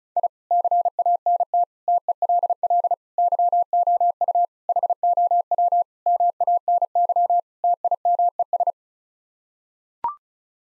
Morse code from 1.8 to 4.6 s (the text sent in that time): TELL YOU